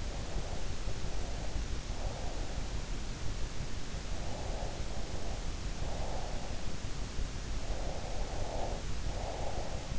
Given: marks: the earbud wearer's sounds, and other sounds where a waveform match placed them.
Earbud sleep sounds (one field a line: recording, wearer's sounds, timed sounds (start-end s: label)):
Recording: sounds in sleep by an in-ear microphone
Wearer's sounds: breath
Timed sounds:
0.00-2.87 s: breath
4.17-6.72 s: breath
7.59-9.99 s: breath